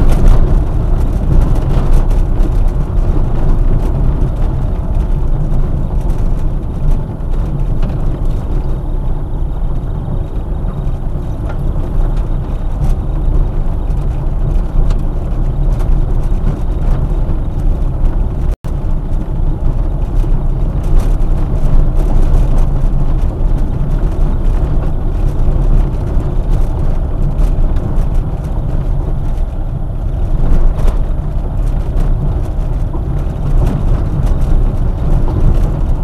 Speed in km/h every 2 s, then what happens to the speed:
27, 25, 22, 18, 18, 23, 24, 24, 25, 24, 25, 25, 25, 27, 26, 26, 25, 25.
0-6 slows to 18. 6-11 speeds up to 24. 11-36 steady at about 25.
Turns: 5-11.